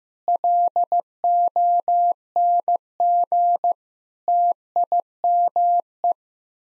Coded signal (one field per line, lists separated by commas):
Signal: Morse code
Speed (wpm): 15 wpm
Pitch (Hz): 700 Hz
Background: none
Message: LONG TIME